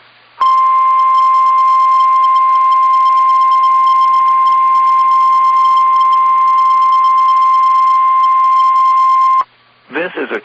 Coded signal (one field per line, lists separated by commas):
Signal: Emergency Alert System (SAME) tones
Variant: 1050 Hz attention tone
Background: speech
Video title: Saturday RWTs (EAS #1108-#1110)